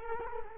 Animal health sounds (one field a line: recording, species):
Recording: mosquito wingbeat signal from an infrared sensor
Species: Culex quinquefasciatus